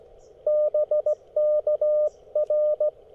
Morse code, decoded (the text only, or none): BK R